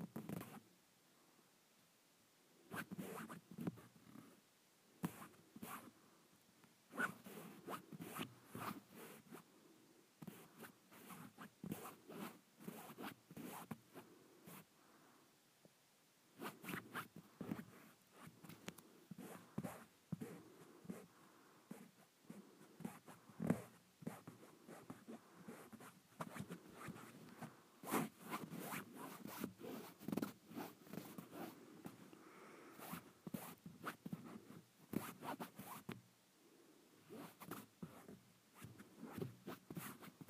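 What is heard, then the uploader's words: Fabric is scratched and rubbed in quick, dense bursts of crisp, bright rasping, like a zipper or fingernails dragged across cloth. The strokes run fast and uneven, with short quiet pauses near the start, around sixteen seconds and again near thirty-six seconds. ASMR Satisfying Fabric.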